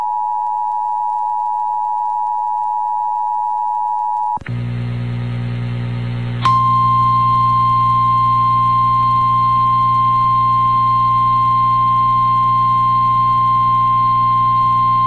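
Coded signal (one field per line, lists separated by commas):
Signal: Emergency Alert System (SAME) tones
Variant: 853 and 960 Hz attention tone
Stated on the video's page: NOAA Weather Radio alerts during a December derecho in Sioux City, Iowa.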